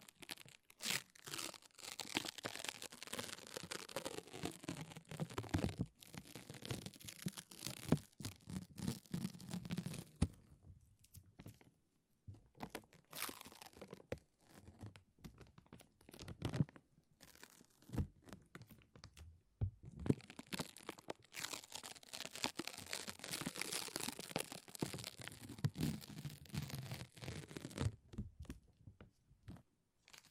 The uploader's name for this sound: Satisfying Sticky Sounds (Lint Roller and Tape)